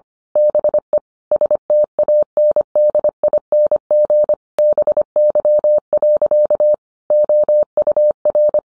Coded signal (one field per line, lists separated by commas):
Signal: Morse code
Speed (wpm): 25 wpm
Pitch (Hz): 600 Hz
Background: none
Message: BE STANDING BY. OUR